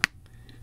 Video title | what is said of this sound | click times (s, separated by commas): Google Pixel Fold “Real Review” | that let to know that it locks into place | 0.0 s